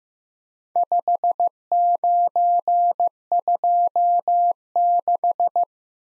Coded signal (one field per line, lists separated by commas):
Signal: Morse code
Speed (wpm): 15 wpm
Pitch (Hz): 700 Hz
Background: none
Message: 5926